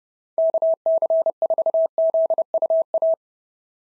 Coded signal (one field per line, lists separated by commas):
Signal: Morse code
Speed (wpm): 29 wpm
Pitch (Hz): 660 Hz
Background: none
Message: KC4ZUA